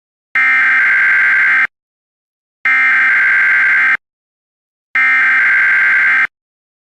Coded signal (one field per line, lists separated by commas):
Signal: Emergency Alert System (SAME) tones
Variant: header bursts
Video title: EAS Classic: YouTube WMG Warning (Originally from 2009)